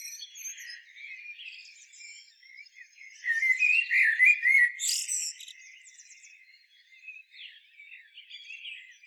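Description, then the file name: Common blackbird song, one clear mellow whistled phrase with a high squeaky flourish, set among quieter warbling and faint twittering. "Turdus merula"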